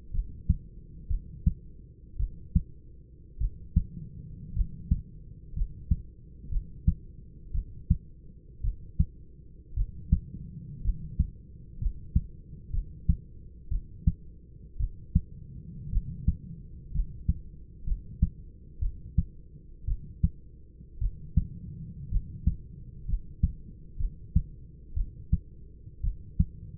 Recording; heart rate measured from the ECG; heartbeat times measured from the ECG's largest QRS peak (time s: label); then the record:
heart sounds by stethoscope; 58 bpm
0.12 s: heartbeat
1.08 s: heartbeat
2.17 s: heartbeat
3.39 s: heartbeat
4.54 s: heartbeat
5.54 s: heartbeat
6.50 s: heartbeat
7.52 s: heartbeat
8.62 s: heartbeat
9.75 s: heartbeat
10.82 s: heartbeat
11.79 s: heartbeat
12.71 s: heartbeat
13.69 s: heartbeat
14.78 s: heartbeat
15.90 s: heartbeat
16.92 s: heartbeat
17.85 s: heartbeat
18.80 s: heartbeat
19.86 s: heartbeat
20.99 s: heartbeat
22.10 s: heartbeat
23.06 s: heartbeat
23.98 s: heartbeat
24.94 s: heartbeat
26.02 s: heartbeat
From the record:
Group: healthy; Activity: rest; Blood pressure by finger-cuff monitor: 134/66 mmHg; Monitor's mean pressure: 86 mmHg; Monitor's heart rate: 60 bpm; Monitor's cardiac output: 5.9 L/min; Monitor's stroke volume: 100 mL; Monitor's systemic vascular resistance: 1040 dyn s/cm5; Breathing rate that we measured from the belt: 10 breaths a minute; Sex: male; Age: 25 years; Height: 170 cm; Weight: 70.4 kg